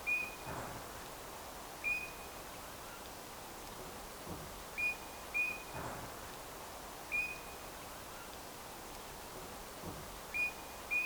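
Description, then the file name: Eurasian bullfinch giving soft, flat whistles, some doubled in quick succession, spaced irregularly against steady background noise. "Pyrrhula pyrrhula"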